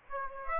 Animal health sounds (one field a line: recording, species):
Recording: mosquito wingbeat signal from an infrared sensor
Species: Aedes aegypti